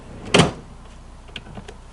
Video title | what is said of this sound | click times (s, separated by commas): The Ultimate DIY Truck Camping DRAWER SYSTEM! (For My 4Runner) | locked in place again | 0.4 s